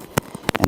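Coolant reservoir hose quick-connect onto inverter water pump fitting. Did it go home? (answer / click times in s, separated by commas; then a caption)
yes / 0.2 s, 0.5 s. On a 2010-2015 Toyota Prius, the coolant reservoir hose's quick-connect coupling with two O-rings is wiggled onto the plastic inverter water pump fitting and pushed until it locks. Sharp clicks sound at 0.2 s and 0.5 s, followed by a few more quick snaps near 0.6 s. The hose is seated and locked in place on the fitting.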